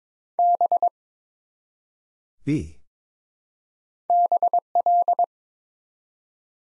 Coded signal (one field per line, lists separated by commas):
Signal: Morse code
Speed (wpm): 22 wpm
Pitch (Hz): 700 Hz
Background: none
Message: B BL